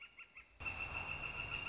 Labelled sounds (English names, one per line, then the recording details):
Northern Flicker
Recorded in Sonoma County, California